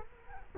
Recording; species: mosquito wingbeat signal from an infrared sensor; Culex quinquefasciatus